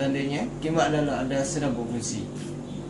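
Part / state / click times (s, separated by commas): padlock shackle into lock body / not seated / none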